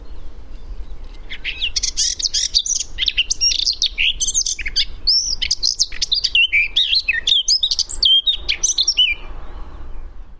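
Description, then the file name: Eurasian blackcap song: a fast, rich warble of varied scratchy and fluty notes lasting about eight seconds, over a low steady background hum. "Sylvia atricapilla"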